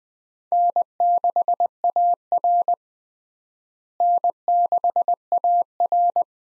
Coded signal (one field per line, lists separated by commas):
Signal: Morse code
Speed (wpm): 20 wpm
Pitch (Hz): 700 Hz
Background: none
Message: N6AR N6AR